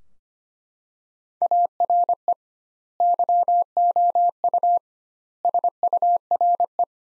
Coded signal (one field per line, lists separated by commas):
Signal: Morse code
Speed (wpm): 25 wpm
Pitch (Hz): 700 Hz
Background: none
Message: ARE YOU SURE